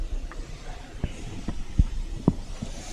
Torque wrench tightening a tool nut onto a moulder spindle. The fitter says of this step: So, I'm doing that till I hear it click three times and I'm backing it off and and it's tight.